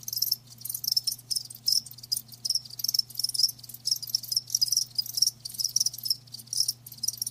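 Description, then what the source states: Cricket chorus of rapid high chirps in irregular clusters, over a faint steady hum. Live crickets chirping with a lulling song.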